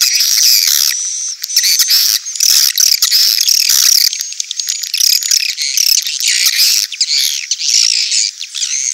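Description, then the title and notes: Swiftlets chatter in loud, overlapping, squeaky twitters and rattling chirps, irregular and busy, with a faint high whistle weaving through. Swiftlet sound used for swiftlet farming in Asia. "Swiflet Bird Sound. Farming Swiflet Bird asia sound"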